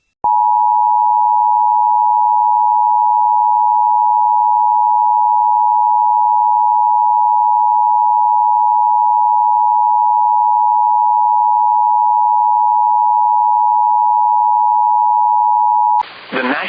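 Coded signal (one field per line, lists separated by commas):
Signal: Emergency Alert System (SAME) tones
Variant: 853 and 960 Hz attention tone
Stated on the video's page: Mock recreation of a real tornado warning for Clinton, North Carolina.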